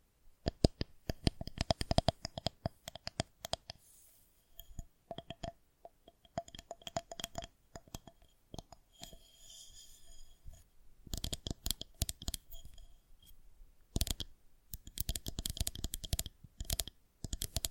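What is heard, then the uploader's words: An assortment of tingly sounds made of crisp, bright clicks and taps that come in dense rapid bursts, first in the opening few seconds and again from about eleven seconds to the end. In between, the tapping thins to scattered clicks with soft scratching and rustling. Tingly Sound Assortment.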